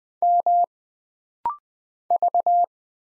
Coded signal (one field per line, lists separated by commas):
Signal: Morse code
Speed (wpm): 20 wpm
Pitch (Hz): 700 Hz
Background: none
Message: M V